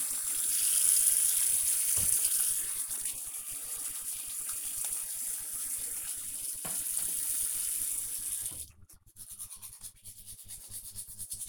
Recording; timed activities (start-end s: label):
household activities, microphone on the right wrist
0.00-11.49 s: brushing teeth